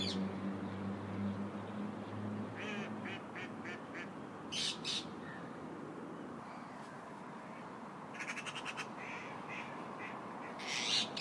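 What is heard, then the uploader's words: A crowd of parakeets chatters as the birds settle for the night in a park, a dense, constant tangle of calls. Sharp, bright squawks break through repeatedly, especially around five, eight and eleven seconds, while a low hum sits underneath during the first three seconds. A bunch of parakeets were settling down for the night in Victoria Park this evening.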